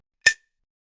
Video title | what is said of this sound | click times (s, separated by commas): Wielander Schill XPRESS 1000 SPR RIVET TOOL | The green shaft must be visible and you will hear a clicking sound. | 0.3 s